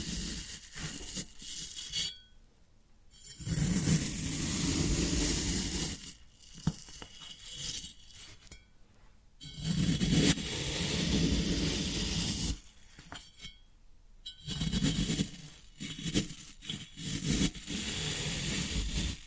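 Floral foam being pressed and broken, a dense crackling crunch that swells and fades in bursts. Rougher, louder stretches around 3–6, 10–12 and 14–17 seconds alternate with quieter hissy scraping and brief near-silent gaps, plus a few sharp clicks.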